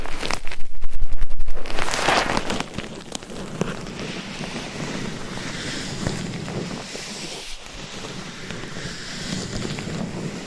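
Gloved fingers and nails scratch and tap on a binaural mic. The first two seconds are loud and dense, a rapid rasping with quick taps. After that it drops to a softer, steady rubbing with a low rumble and occasional light taps.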